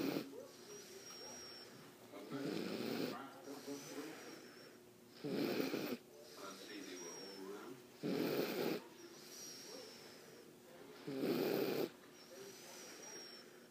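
A sleeping dog snores in loud, rasping bursts about every three seconds, roughly 20 a minute.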